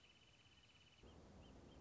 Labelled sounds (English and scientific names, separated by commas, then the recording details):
Wrentit (Chamaea fasciata)
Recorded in Sonoma County, California